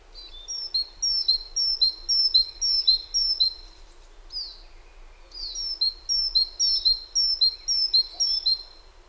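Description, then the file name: Great tit song: steady run of ringing two-note phrases, high then low, broken by a short pause with an odd note before the pattern resumes. "Parus major"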